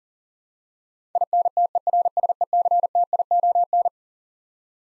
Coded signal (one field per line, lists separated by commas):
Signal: Morse code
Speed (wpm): 40 wpm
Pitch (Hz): 700 Hz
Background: none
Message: INTERSECTION